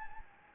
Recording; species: mosquito wingbeat signal from an infrared sensor; Anopheles gambiae